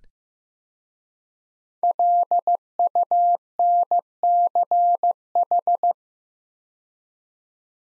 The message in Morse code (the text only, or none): LUNCH